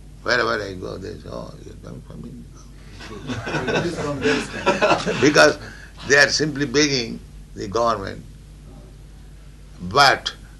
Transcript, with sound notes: Wherever I go, they say, "Oh, you are coming from India?" [laughter] Because they are simply begging, the government. But